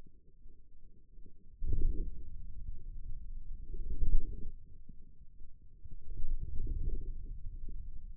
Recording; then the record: forearm muscle sounds (acoustic myography)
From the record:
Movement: wrist flexion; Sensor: system 2, bracelet of six BSWA MPA416 microphones around the upper forearm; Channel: 4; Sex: male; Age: 22 years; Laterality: right